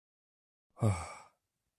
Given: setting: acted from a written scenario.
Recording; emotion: vocal sound without words; relief